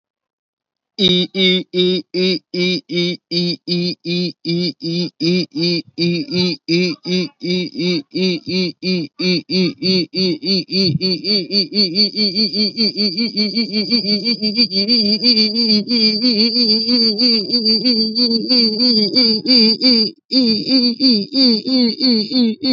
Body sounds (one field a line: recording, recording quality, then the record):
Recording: sustained vowel as in beet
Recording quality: excellent, no background noise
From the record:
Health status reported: healthy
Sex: male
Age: 26 years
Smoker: yes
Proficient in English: yes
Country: India